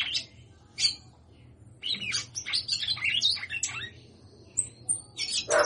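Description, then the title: Red-cowled cardinal song, bursts of sharp chirps and short whistled notes scattered across a few seconds, with a steady low hum beneath. Female singing a lot. "Canto Galo Campina Fêmea. Fêmea de Galo de campina cantando muito"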